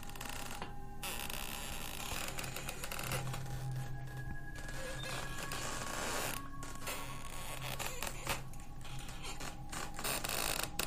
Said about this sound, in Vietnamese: Điều đáng sợ là cái ghế bắt đầu đưa qua đưa lại, nhịp lên nhịp xuống, phát ra những tiếng ken két.